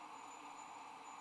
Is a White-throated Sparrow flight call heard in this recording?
no